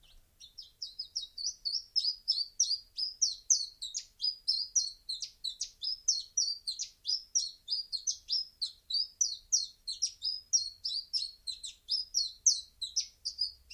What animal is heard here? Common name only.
Common Chiffchaff